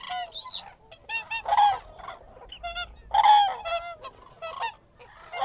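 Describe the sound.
Crane flock calling, loud rattling bugles and short honks overlapping in irregular bursts.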